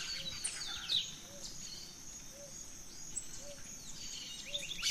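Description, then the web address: Birds singing together at dawn, scattered high chirps and twitters over continuous insect buzzing, with a soft low note repeating about once a second. Dawn chorus of birds in rainforest at Gran Sabana, Venezuela. "Birds in the Rainforest 03 Dawn Venezuela Gran Sabana"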